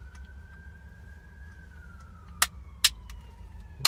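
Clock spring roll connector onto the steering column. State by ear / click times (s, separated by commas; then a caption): seated / 2.4 s, 2.8 s, 3.9 s. A new plastic clock spring (roll connector) is pushed onto the steering column of a 2015 Subaru Forester, with sharp plastic snaps at 2.4, 2.9 and 3.9 seconds as it seats into place. A low rumble and a faint, slowly falling tone run underneath throughout.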